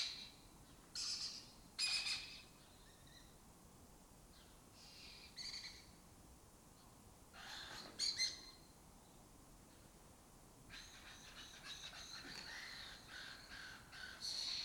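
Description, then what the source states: Lesser kestrels calling in harsh, scratchy bursts at irregular intervals, several overlapping toward the end, over a quiet background. Colony occupying an abandoned building in Doñana; migratory raptor that forages in West Africa and breeds in southern Europe.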